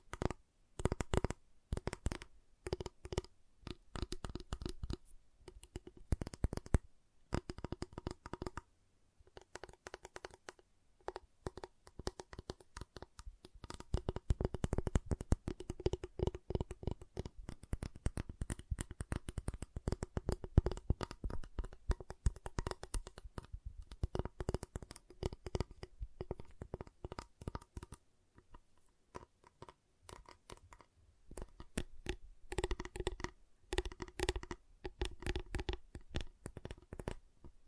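Giant chocolate bar being tapped and snapped: dense bursts of sharp, crisp clicks and taps, pausing briefly near ten seconds, then resuming busily.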